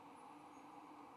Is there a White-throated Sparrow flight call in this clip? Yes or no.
no